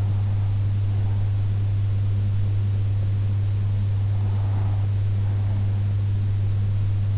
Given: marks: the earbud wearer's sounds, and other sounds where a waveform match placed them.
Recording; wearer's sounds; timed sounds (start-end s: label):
sounds in sleep by an in-ear microphone; breath
0.00-1.99 s: breath
3.99-5.99 s: breath